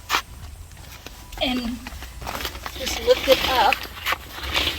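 Someone talks while handling the frame joint latch on a pop-up shade tent canopy, pushing a small knob and lifting the canopy frame. Light handling sounds are heard under the talk. Nothing has seated or clicked yet.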